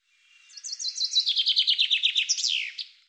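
Common chaffinch song: a bright, rattling series of many quick notes that steps down in pitch and ends in a sharp descending flourish, with a clean, quiet background.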